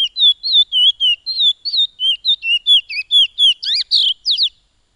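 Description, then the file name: Piolet song: a fast run of clear, wavy whistled notes about four per second, ending in a few sharper rising and falling slurs. "suara burung piolet omkicau"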